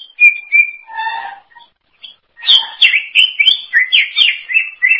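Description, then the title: Greater green leafbird song: clear whistles and a lower burry phrase, then after a short gap a lively, rapid run of varied high warbles. "Cucak ijo"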